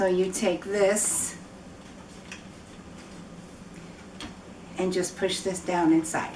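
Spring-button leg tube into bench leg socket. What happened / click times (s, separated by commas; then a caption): The leg tube is handled but has not yet snapped home / none. Someone talks while handling a spring-button leg tube for an Eagle Health Supplies swivel sliding shower transfer bench, pushing it down inside its leg socket. Between the talking, two brief, faint taps occur around 2.3 s and 4.2 s. Nothing has seated or clicked yet.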